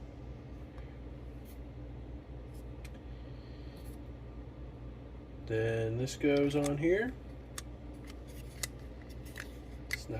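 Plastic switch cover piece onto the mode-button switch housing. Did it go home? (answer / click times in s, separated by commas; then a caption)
yes / 9.9 s. During reassembly of a cleaned Prius V mode-button switch assembly (EV, Eco and Power buttons), a plastic switch cover piece is pressed onto the switch housing while someone talks. A few small plastic ticks follow, and the piece snaps into place with a sharp click at 9.9 s.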